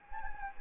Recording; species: mosquito wingbeat signal from an infrared sensor; Anopheles gambiae